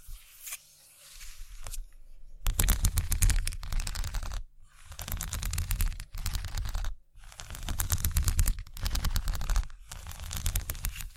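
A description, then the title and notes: Scratching sounds in quick, dense bursts of rapid gritty strokes, separated by brief silences around the 4.5, 6 and 7 second marks. The first two seconds are quieter, with a soft hiss and a couple of sharp taps, before the scratching grows louder and fuller. ASMR Scratching.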